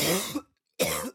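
Two acted coughs from an adult, given as an example of coughing to clear a throat irritated by dust or pollen.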